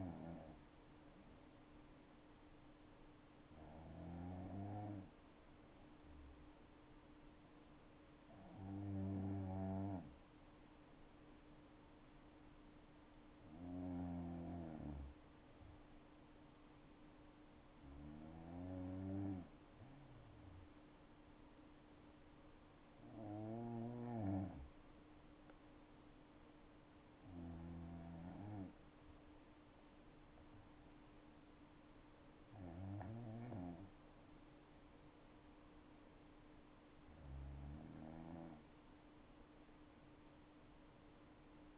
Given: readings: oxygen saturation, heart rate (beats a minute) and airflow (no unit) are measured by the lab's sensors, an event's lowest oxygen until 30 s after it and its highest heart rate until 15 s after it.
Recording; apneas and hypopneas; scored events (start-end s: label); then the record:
breathing in sleep by a voice recorder at the bedside; none
none scored
From the record:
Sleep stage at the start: N2 (light sleep); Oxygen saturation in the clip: 94 to 96%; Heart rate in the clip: 60 to 74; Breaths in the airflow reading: 9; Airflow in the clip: -5.9 to 7.9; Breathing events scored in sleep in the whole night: 228 in 5.4 hours asleep